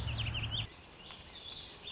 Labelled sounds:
Warbling Vireo
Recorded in Sonoma County, California

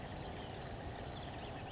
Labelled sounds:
Western Flycatcher
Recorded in Sonoma County, California

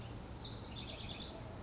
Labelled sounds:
House Wren
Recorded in Sonoma County, California

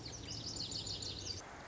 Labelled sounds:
Lazuli Bunting
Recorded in Sonoma County, California

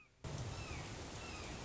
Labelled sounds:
Red-shouldered Hawk
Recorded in Sonoma County, California

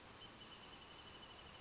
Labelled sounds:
Wrentit
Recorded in Sonoma County, California

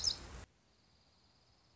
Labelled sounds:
Dark-eyed Junco
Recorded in Sonoma County, California

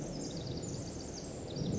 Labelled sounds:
Pacific Wren
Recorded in Sonoma County, California

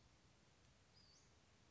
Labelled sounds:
Western Flycatcher
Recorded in Sonoma County, California

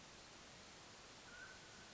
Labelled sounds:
Mountain Quail
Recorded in Sonoma County, California

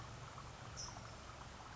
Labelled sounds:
California Towhee
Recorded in Sonoma County, California

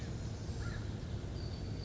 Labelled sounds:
American Crow
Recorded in Sonoma County, California

